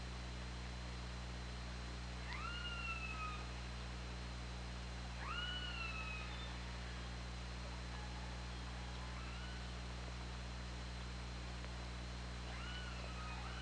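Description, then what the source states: Killer whale calls: repeated upsweeping pulsed calls that level off, coming every few seconds over continuous underwater hiss and low electrical hum. Recorded by OrcaLab hydrophone on 24 August 2017 at 20:52.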